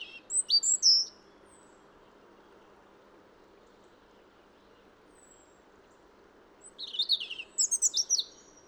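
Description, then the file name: European robin song: a brief sparkling high phrase at the start, a long pause, then a longer tumbling series of thin whistles and trills. Faint background hiss. "Erithacus rubecula"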